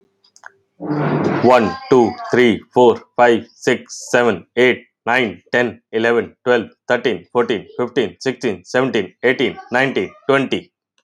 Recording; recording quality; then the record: counting at a fast pace; excellent, no background noise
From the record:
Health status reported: healthy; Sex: male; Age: 37 years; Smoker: yes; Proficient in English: yes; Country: India